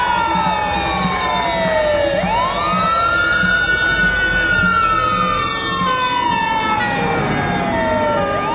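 Fire engines arrive at an apartment building with smoke coming from its fourth-floor windows, a loud siren wailing in long, slow rising and falling sweeps over a steady low rumble of traffic and engines, with no voices.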